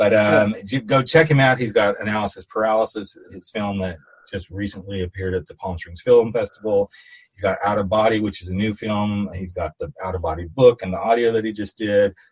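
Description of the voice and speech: One man speaking fluently at a conversational pace, with clear, steady voicing and ordinary pauses.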